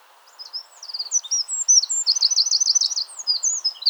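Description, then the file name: Eurasian wren singing a rapid, very high outpouring of sharp notes and fast rattling trills, loud and continuous after a brief quiet start, over a low steady hiss. "Troglodytes troglodytes"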